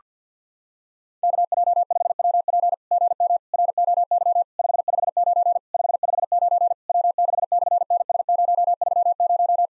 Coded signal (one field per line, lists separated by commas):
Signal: Morse code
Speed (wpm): 48 wpm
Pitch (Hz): 690 Hz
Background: none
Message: KJ5WP GM ROY 559 559 W6/NS030